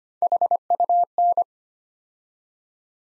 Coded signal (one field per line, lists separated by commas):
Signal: Morse code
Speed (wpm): 25 wpm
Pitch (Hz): 700 Hz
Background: none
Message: HUN